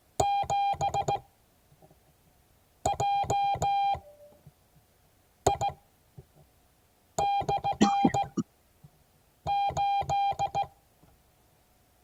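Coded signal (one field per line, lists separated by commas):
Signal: Morse code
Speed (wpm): 16 wpm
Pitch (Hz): 800 Hz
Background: none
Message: 7JI/8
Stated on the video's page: Morse code class.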